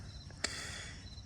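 On a 2011 Chevy Traverse, during a side engine mount replacement, the bolt on the wiring harness connector at the fuse box is backed out until it clicks and orange plastic markers appear. A single short, sharp click sounds at 0.4 s over a quiet, steady low background with a faint high tone. The click shows the connector is released.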